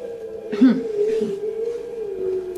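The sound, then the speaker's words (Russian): A tied-up dog's long, steady howl holds one mid-pitched note for a couple of seconds, with a short rough, cough-like burst near the start. “Я слышу, опять воет собака.”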